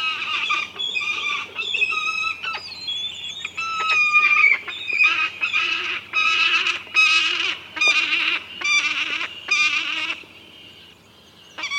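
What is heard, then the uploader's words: A peregrine falcon calls in a rapid run of harsh, bright notes, bursts roughly every half second with short gaps between them. The calls are loud, slightly rising and falling in pitch, then trail off into quiet near the end. Peregrine Falcon Call by SciFri.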